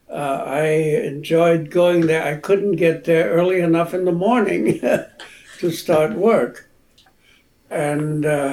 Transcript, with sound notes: I enjoyed going there. I couldn’t get there early enough in the morning [laughs] to start work. And